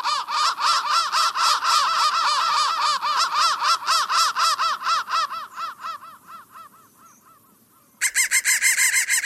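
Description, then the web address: Crow cawing in a fast run of harsh notes that gradually weakens and fades, then a loud new burst of caws. "soundfactory crow"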